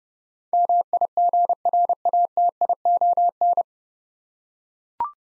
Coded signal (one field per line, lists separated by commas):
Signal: Morse code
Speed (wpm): 31 wpm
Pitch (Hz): 700 Hz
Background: none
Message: MIGRATION